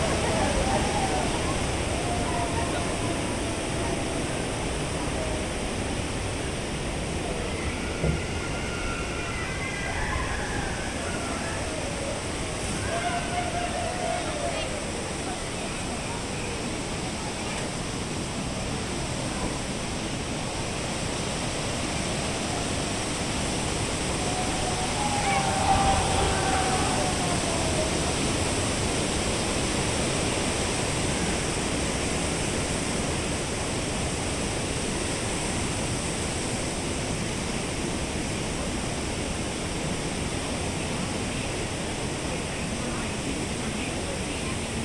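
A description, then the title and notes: A walk along a themed park trail, with a steady, dense wash of rushing water filling the scene from low to bright throughout. Faint voices drift through around the first quarter, and a brief thin tone rises near the middle. Grizzly Peak and Redwood Creek Challenge Trail (Disney's California Adventure) Binaural Walk Through. In this episode we take a peaceful walk through around the most tranquil place in all of Disney's California Adventure, Grizzly Peak.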